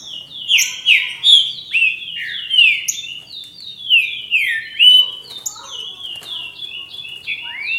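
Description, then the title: Green-winged saltator song, a fast flowing stream of loud downward-sliding whistles with a few higher chips mixed in. "Trinca Ferro"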